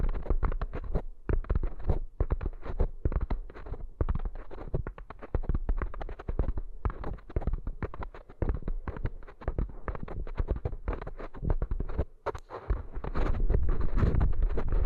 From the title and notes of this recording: ASMR Intense Brain Tingles with Eardrum Treatment (No Talking).